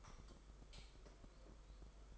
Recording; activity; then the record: daily activity, microphone in the room; light off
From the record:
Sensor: 5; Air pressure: 991.2 hPa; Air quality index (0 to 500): 108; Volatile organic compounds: 24 ppm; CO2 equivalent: 2802 ppm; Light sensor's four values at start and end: 19/48/19/21 and 18/43/17/19